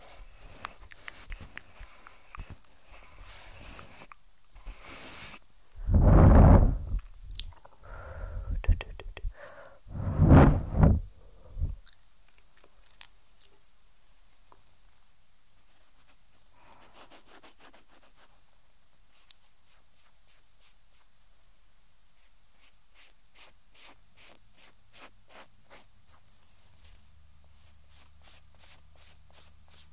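Ear cleaning sounds: soft scratchy rubbing and crackling, with two loud muffled bursts of rustling around six and ten seconds. Afterward quieter scraping continues, turning into quick regular series of tiny clicks and taps near the end, with a low hum underneath.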